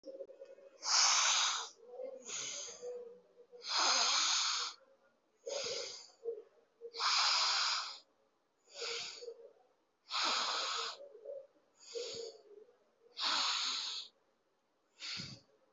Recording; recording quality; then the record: deep breathing; excellent, no background noise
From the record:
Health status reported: healthy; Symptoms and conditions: hypertension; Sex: male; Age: 50 years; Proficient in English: yes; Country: India